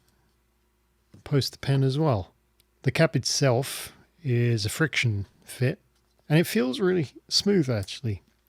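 Someone talks while handling the friction-fit cap of a Lamy 2000 polycarbonate fountain pen, which is about to be pushed onto the pen body. Only speech is heard, with two faint ticks at 0.1 s and 8.5 s, and the cap has not yet seated or clicked by the end.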